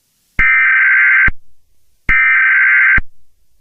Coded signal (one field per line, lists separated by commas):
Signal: Emergency Alert System (SAME) tones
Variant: header bursts